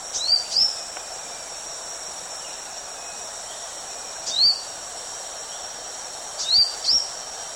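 Purple-cheeked sunbird calls: brief, very high chips, a pair, a single, then another pair, against a continuous shrill insect buzz.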